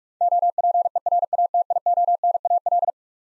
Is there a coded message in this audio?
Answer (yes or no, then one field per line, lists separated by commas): yes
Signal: Morse code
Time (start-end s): 0.2-2.9 s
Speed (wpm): 42 wpm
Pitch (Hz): 700 Hz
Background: none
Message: OPERATIONAL